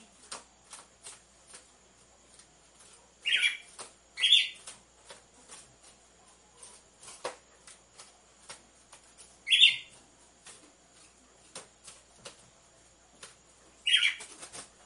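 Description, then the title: Red-cowled cardinal with sparse, brief chirped notes, a pair early, then single notes several seconds apart, amid constant ticking clicks. Female song, used to warm up males. "Canto Galo Campina Fêmea. ESQUENTE GALO DE CAMPINA COM BATIDA DE DOIS MACHOS"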